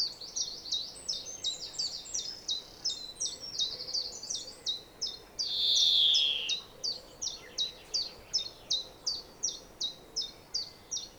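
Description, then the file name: European greenfinch: rapid, evenly spaced high chirps before and after one drawn-out buzzy wheeze near the middle. "Chloris chloris"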